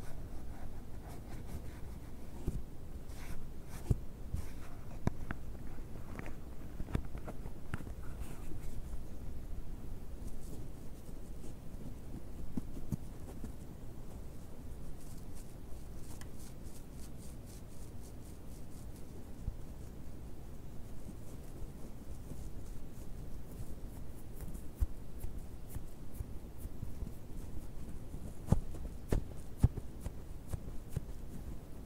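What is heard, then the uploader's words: A box is handled, with rough scratching and scraping against its cardboard sides. The rustling is dense and uneven, heaviest in the first eight seconds, then thinner and softer. Scattered sharp clicks and knocks land throughout, with a few louder taps near the end. ASMR BOX OPENING, BOX SCRATCHING NO TALKING.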